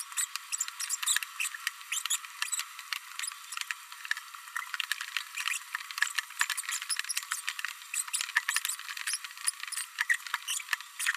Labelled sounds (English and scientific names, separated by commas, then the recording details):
Green-rumped Parrotlet (Forpus passerinus) babbling
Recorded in a nest box in Venezuela
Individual 18B104A3